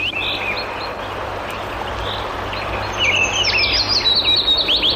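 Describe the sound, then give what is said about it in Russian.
A chaffinch sings a bright, rapid phrase of high notes that tumble downward into a brisk flourish, preceded by scattered faint chirps over a steady low hum. “Послушаем зяблика.”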